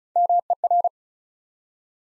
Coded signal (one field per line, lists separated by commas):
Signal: Morse code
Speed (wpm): 36 wpm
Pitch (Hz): 700 Hz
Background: none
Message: MER